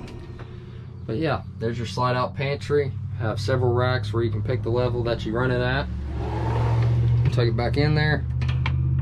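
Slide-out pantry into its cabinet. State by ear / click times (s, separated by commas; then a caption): seated / 8.7 s. Someone talks while the slide-out pantry, with several adjustable racks, of a 2018 Lance 975 truck camper is pushed back into its cabinet. It latches shut with a sharp click at 8.7 s, locking the pantry closed in place.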